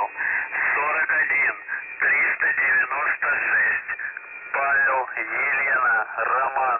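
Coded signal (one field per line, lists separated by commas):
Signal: coded military voice message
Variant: UVB-76, Russian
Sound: a voice speaking in several phrases with short pauses over a narrow, hissy radio channel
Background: radio static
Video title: The Buzzer/ UVB-76 Voice Message (January 20, 2021, 11:43 UTC)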